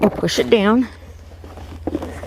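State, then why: Seated. Someone talks as a plastic Greenstalk vertical-planter tier is pushed down onto the tier below, worked around the rim until it is fully down. Sharp clicks are heard at 1.9 s and 2.0 s, and the tier is seated.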